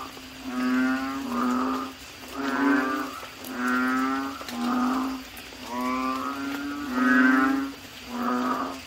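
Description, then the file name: Asian common toad calls: steady run of bleating, harmonic croaks with a faint hiss beneath. "suara kodok bangkong"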